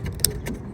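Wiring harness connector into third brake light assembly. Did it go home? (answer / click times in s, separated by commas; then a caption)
yes / 0.2 s. A factory wiring harness plug is pushed into a new third brake light assembly for a 2003–2016 Ford Expedition or Lincoln Navigator. Against a low rumbling background with a few faint clicks, it seats with a sharp, bright click at 0.2 s. The connector is then tugged to confirm it is locked in place.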